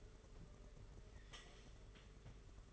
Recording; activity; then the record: daily activity, microphone in the room; take from stove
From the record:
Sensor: 4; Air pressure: 991.9 hPa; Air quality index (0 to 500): 85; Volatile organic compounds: 6 ppm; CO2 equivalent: 1922 ppm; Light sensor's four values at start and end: 21/75/27/29 and 21/74/27/29